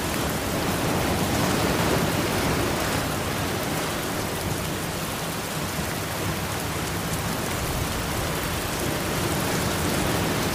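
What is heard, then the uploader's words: Rain falls over ocean waves in a dense, unbroken hiss that stays steady for the whole stretch. A soft low rumble of water runs underneath, with slight swells in loudness but no distinct splashes or separate events standing out. Sound Of Rain On Ocean Waves (No Thunder).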